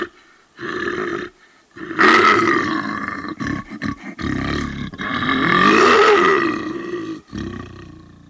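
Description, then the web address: Bear roaring: harmonic roars with drawn-out, wavering bellows broken by short grunting bursts and brief silences. "zvuky medved"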